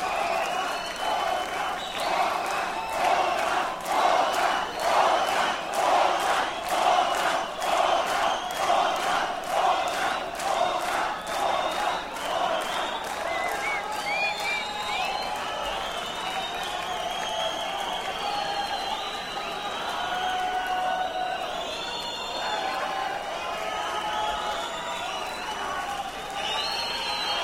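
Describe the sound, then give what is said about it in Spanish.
A large concert crowd cheers and shouts nonstop, with rhythmic unison clapping through the first half and sharp whistles cutting in later. The roar stays loud and steady throughout. “Chequen las fases de la banda cuando está en un concierto.”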